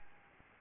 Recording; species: mosquito wingbeat signal from an infrared sensor; Aedes albopictus